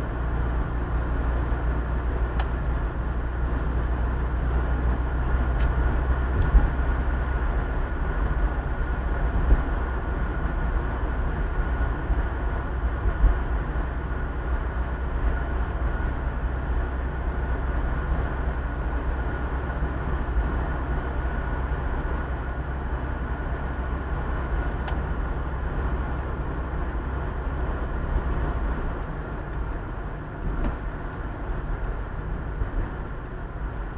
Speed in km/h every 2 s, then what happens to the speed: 50, 49, 51, 53, 52, 52, 52, 52, 52, 52, 53, 54, 54, 55, 54, 51, 49.
0-27 steady at about 52. 27-34 slows to 49.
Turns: none.